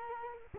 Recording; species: mosquito wingbeat signal from an infrared sensor; Culex quinquefasciatus